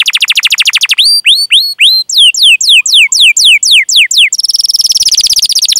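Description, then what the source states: Canary song: rapid trill, then bright descending whistled slurs in steady series, ending in a buzzy high rattle. Singing in Indonesian songbird-keeping style, its varied song described as gacor with rich cengkok phrasing and fill-ins.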